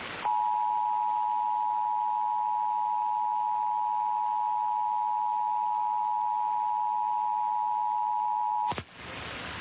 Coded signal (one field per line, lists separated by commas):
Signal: Emergency Alert System (SAME) tones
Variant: 853 and 960 Hz attention tone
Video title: San Diego County Required Monthly Test (EAS #1180-1183) 9/6/23